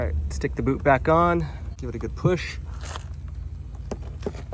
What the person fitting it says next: You should hear it kind of click in place.